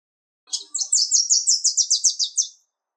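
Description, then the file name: Wilson's warbler delivering one fast, high chatter of repeated sharp notes lasting about two seconds. "Wilsons Warbler Istvan B Orosi"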